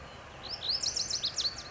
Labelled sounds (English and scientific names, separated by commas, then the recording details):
Lazuli Bunting (Passerina amoena)
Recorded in Sonoma County, California